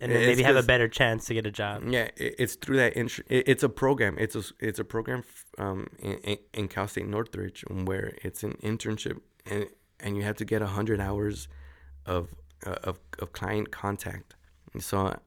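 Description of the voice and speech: Adult male conversational speech with repeated words, a thrice-repeated 'of' before 'client', and restarts: mild stuttering without blocks. He has stuttered since childhood and had speech therapy; he no longer blocks, where the muscles tense and a sentence cannot be finished, and uses strategies such as diaphragm breathing and sliding words together.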